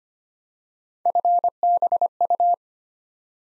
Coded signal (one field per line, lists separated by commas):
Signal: Morse code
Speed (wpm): 25 wpm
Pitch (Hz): 700 Hz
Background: none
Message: FBU